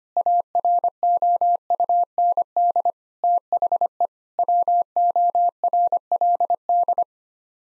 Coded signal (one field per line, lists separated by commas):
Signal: Morse code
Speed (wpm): 25 wpm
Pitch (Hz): 700 Hz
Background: none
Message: AROUND THE WORLD